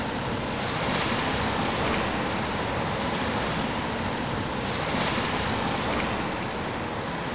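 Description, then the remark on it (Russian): Heavy Atlantic Ocean surf roars without a break, huge white-foamed waves crashing against rocks and churning into a thick wash of white noise, with gentle swells of loudness around the first and fifth seconds. No voices. “Зато волны какие! Огромные, с белой пеной!”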